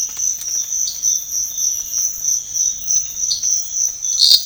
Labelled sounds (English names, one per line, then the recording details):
none
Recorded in pastures near Puerto Asís, Putumayo, Colombia, on 8 March 2025 at 06:00
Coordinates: 0.502, -76.324
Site GP07